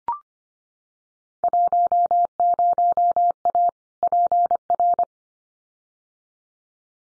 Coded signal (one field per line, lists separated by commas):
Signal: Morse code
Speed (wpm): 25 wpm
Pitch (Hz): 700 Hz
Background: none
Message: 10A PR